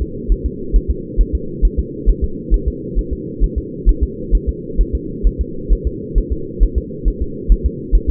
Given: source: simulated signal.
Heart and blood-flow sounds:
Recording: fetal heart sounds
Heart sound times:
0.02 s: S2
0.32 s: S1
0.46 s: S2
0.76 s: S1
0.90 s: S2
1.21 s: S1
1.35 s: S2
1.65 s: S1
1.79 s: S2
2.09 s: S1
2.24 s: S2
2.54 s: S1
2.68 s: S2
2.99 s: S1
3.13 s: S2
3.44 s: S1
3.58 s: S2
3.89 s: S1
4.03 s: S2
4.35 s: S1
4.49 s: S2
4.81 s: S1
4.95 s: S2
5.27 s: S1
5.41 s: S2
5.72 s: S1
5.87 s: S2
6.18 s: S1
6.32 s: S2
6.63 s: S1
6.78 s: S2
7.08 s: S1
7.22 s: S2
7.52 s: S1
7.66 s: S2
7.95 s: S1
8.09 s: S2
From the record:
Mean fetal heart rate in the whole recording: 135 bpm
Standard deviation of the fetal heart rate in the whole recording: 3 bpm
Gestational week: 36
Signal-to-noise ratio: -4.3 dB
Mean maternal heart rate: 72 bpm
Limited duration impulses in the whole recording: absent

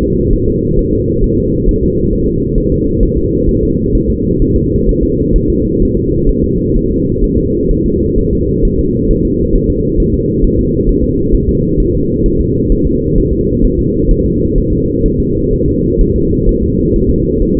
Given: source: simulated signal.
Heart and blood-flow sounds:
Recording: fetal heart sounds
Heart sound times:
0.02 s: S2
0.33 s: S1
0.48 s: S2
0.79 s: S1
0.93 s: S2
1.24 s: S1
1.38 s: S2
1.69 s: S1
1.83 s: S2
2.13 s: S1
2.27 s: S2
2.58 s: S1
2.72 s: S2
3.03 s: S1
3.17 s: S2
3.49 s: S1
3.63 s: S2
3.95 s: S1
4.10 s: S2
4.42 s: S1
4.56 s: S2
4.89 s: S1
5.03 s: S2
5.36 s: S1
5.50 s: S2
5.82 s: S1
5.97 s: S2
6.29 s: S1
6.44 s: S2
6.77 s: S1
6.91 s: S2
7.24 s: S1
7.38 s: S2
7.71 s: S1
7.86 s: S2
8.18 s: S1
8.33 s: S2
8.65 s: S1
8.79 s: S2
9.11 s: S1
9.25 s: S2
9.55 s: S1
9.70 s: S2
10.00 s: S1
10.14 s: S2
10.45 s: S1
10.59 s: S2
10.89 s: S1
11.04 s: S2
11.35 s: S1
11.49 s: S2
11.80 s: S1
11.95 s: S2
12.26 s: S1
12.41 s: S2
12.72 s: S1
12.86 s: S2
13.18 s: S1
13.33 s: S2
13.65 s: S1
13.79 s: S2
14.11 s: S1
14.25 s: S2
14.58 s: S1
14.73 s: S2
15.06 s: S1
15.20 s: S2
15.54 s: S1
15.68 s: S2
16.01 s: S1
16.16 s: S2
16.49 s: S1
16.63 s: S2
16.96 s: S1
17.10 s: S2
17.42 s: S1
17.57 s: S2
From the record:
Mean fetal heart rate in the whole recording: 130 bpm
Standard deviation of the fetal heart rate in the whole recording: 4 bpm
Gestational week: 38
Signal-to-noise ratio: -10.2 dB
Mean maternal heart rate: 72 bpm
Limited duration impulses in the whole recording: present

